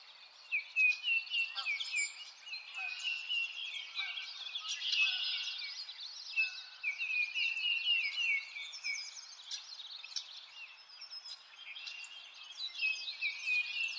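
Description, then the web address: Birds singing together at length, crisp sweeping chirps and twitters overlapping constantly, with loud individual notes standing out at intervals. Birds in a forest. "Sound Effects-Lynne Music Nature-Ambience-Birds-In-A-Forest"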